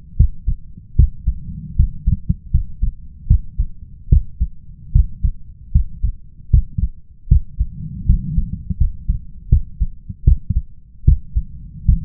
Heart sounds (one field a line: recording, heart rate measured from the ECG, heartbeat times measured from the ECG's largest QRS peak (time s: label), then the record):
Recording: heart sounds by stethoscope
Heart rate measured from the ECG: 77 bpm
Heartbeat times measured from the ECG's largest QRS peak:
0.16 s: heartbeat
0.96 s: heartbeat
1.76 s: heartbeat
2.51 s: heartbeat
3.27 s: heartbeat
4.09 s: heartbeat
4.92 s: heartbeat
5.72 s: heartbeat
6.50 s: heartbeat
7.28 s: heartbeat
8.06 s: heartbeat
8.77 s: heartbeat
9.49 s: heartbeat
10.24 s: heartbeat
11.04 s: heartbeat
11.85 s: heartbeat
From the record:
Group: healthy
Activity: rest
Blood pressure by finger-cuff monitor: 130/80 mmHg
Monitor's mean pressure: 95 mmHg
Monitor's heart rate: 77 bpm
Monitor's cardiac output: 6.2 L/min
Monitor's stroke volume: 81 mL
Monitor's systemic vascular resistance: 1120 dyn s/cm5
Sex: male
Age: 21 years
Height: 180 cm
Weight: 67.5 kg